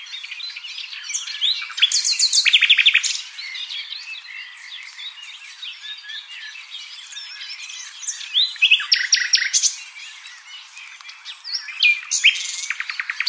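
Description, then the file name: Common nightingale singing a varied, rich song of whistled notes, rapid buzzy rattles and chattering phrases, with louder bursts near the start, middle and end. "Luscinia megarhynchos"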